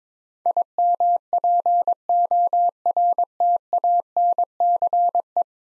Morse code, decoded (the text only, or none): IMPORTANCE